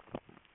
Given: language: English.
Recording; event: throat vibration sensor signal played as sound; swallow